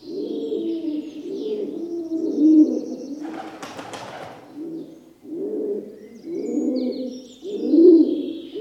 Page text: Rock Dove, coos and calls from several in old barn, wing flaps, chaffinch, jackdaws, wren and other birds in distance